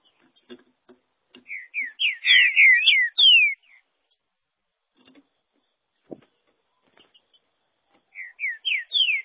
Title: Trinca Ferro